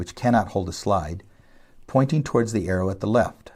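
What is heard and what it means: A loaded plastic slide carousel is placed straight down onto a slide projector, with slot zero, which cannot hold a slide, pointing toward the arrow at the left, ready for a gentle downward push. Someone talks throughout, with a brief quiet pause in the middle. Nothing has seated or clicked yet.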